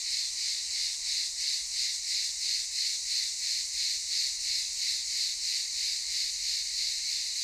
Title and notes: Ulupınar Mahallesi, Çıralı Yolu, 07980 Kemer/Antalya, Turkey - Cicadas daytime. Aylak Yaşam Camp, cicadas in daytime